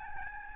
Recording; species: mosquito wingbeat signal from an infrared sensor; Aedes albopictus